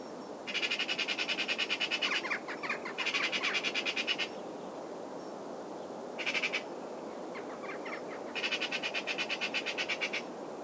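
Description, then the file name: Eurasian magpie giving harsh, rapid rattling chatter in several bursts of one to two seconds, with a short burst in the middle, over faint steady background hiss. "Pica pica"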